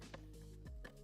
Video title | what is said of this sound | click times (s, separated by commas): H2D to H2C Conversion - Part 3- Live | That actually clicked in place. | 0.8 s